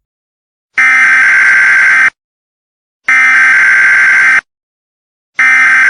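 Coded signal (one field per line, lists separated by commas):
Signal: Emergency Alert System (SAME) tones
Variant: header bursts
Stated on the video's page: Fictional EAS scenario.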